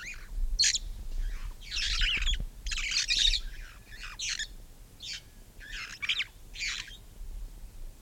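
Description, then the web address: Red-fronted parrot calls, a series of harsh, screechy squawks in short bursts, some longer and rasping, spaced irregularly over several seconds with low rumble beneath. "parrots poicephalus-gulielmi"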